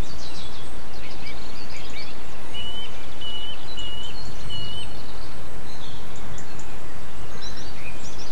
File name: MZ-N 710 Chants d oiseaux 8 04 07 extrait